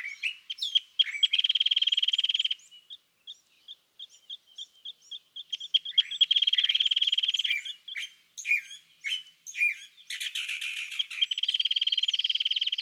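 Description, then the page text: California thrasher: songbird phrases mixed with long steady buzzy trills at one pitch, broken by clicks and short whistled notes, the trills returning several times. Song at dawn, excerpted from a longer dawn session on day 1, repeating a theme of notes the thrasher chose that morning; March 9, 2017, Montaña de Oro State Park, Los Osos, California. "Birdsong for the Curious Naturalist. California thrasher. Song, excerpted from a longer dawn session on day 1. listen for the repeated theme of notes that the thrasher has chosen to use this morning. March 9, 2017. Montaña de Oro State Park, Los Osos, California"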